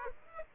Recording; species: mosquito wingbeat signal from an infrared sensor; Aedes aegypti